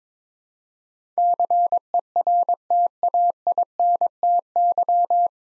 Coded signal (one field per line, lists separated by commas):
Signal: Morse code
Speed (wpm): 22 wpm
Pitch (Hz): 700 Hz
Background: none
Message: CERTAINTY